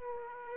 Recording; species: mosquito wingbeat signal from an infrared sensor; Aedes aegypti